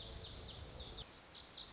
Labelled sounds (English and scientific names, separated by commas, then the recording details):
Lazuli Bunting (Passerina amoena)
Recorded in Sonoma County, California